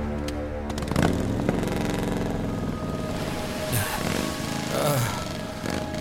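A car engine drones with a steady low hum that gradually swells, its pitch bending up and down in a couple of brief sweeps as the car draws in, its headlights visible.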